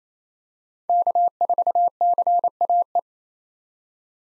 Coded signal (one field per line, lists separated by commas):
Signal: Morse code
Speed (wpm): 28 wpm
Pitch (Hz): 700 Hz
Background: none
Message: K4CAE